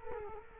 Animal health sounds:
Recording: mosquito wingbeat signal from an infrared sensor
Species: Culex quinquefasciatus

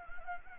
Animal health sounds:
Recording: mosquito wingbeat signal from an infrared sensor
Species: Anopheles gambiae

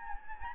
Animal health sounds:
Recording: mosquito wingbeat signal from an infrared sensor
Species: Anopheles gambiae

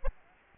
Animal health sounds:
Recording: mosquito wingbeat signal from an infrared sensor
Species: Aedes aegypti

